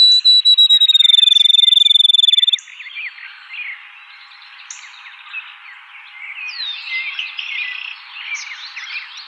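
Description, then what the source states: Field sparrow song, a rapid trill of clear whistled notes near the start that stops after about two and a half seconds, then a busy chorus of other birds chirping. 2007-01-04.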